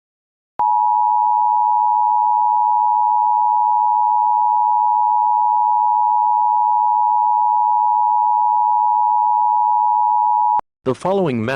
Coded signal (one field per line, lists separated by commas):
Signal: Emergency Alert System (SAME) tones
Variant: 853 and 960 Hz attention tone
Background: speech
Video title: EAS Scenario 13: Horror Mario's Rampage (15 Subscriber Special)